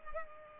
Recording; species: mosquito wingbeat signal from an infrared sensor; Culex pipiens